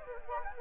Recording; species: mosquito wingbeat signal from an infrared sensor; Anopheles arabiensis